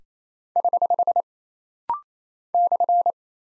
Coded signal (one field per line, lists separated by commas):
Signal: Morse code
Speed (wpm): 27 wpm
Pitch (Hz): 700 Hz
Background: none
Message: <HH> /